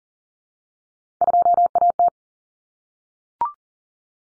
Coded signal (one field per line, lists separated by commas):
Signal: Morse code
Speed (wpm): 40 wpm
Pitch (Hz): 700 Hz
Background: none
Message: 2AT